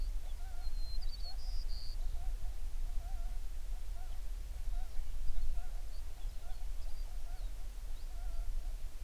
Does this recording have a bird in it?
yes